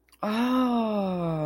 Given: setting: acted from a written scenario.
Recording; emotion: vocal sound without words; realization